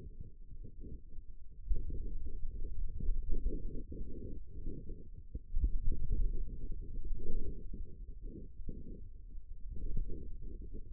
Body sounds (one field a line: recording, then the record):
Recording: forearm muscle sounds (acoustic myography)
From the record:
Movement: finger pinch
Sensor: system 2, bracelet of six BSWA MPA416 microphones around the upper forearm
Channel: 4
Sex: male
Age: 22 years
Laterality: right